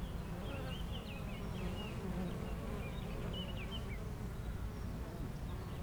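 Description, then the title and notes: Honey bees hum in a steady mass drone while birds chirp repeatedly in quick bright notes. Honey bees foraging between two hives of a garden apiary in Aix-les-Bains, France, flying back and forth to flowers; a few birds in the neighbouring wood. "41 Chem. de Memard, 73100 Aix-les-Bains, France - Les abeilles. Entre deux ruches du rucher du jardin vagabond à Aix-les-bains les abeilles sont en pleine collecte et font d'incessants aller retour vers les fleurs, quelques oiseaux dans le bois voisin"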